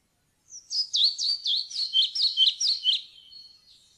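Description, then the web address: European pied flycatcher delivering one lively phrase of many high, swooping notes in rapid alternation, fading into a soft thin tail. "fuglelyder svarthvit-fluesnapper"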